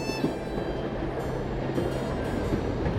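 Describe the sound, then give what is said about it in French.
An RER commuter train rolls steadily along the rails, its low, continuous rumble joined by a faint metallic hum and soft clatter, with no voices over the noise. “Le RER A, il a joué un rôle dans l'urbanisation de cette partie-là?”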